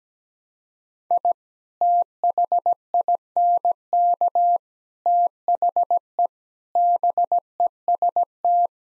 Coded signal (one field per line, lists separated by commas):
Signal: Morse code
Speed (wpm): 17 wpm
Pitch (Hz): 700 Hz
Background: none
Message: I THINK THE BEST